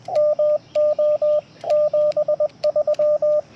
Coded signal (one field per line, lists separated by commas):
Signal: Morse code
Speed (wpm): 20 wpm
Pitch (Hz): 600 Hz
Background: radio noise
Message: MO 73